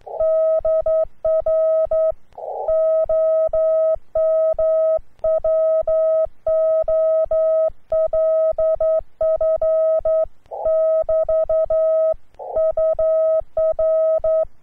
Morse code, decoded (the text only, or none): DR OM WOLF <BT> UR